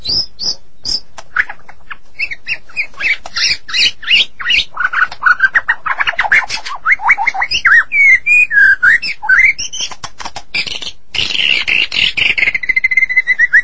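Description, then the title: Magpie-robin or shama singing a busy mix of whistles, chattering notes and swooping slurs, ending in a sustained, slightly falling high note. "Suara Burung Murai"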